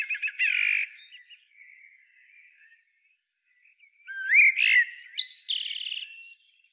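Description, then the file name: Eurasian blackbird singing two phrases, low fluted warbles followed by high buzzy twittering, with faint soft notes trailing in the gap. "Turdus merula"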